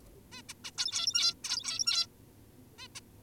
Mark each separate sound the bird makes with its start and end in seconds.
0.32-0.42, 0.49-0.54, 0.64-0.71, 0.78-1.34, 1.44-2.07, 2.79-2.88, 2.96-3.00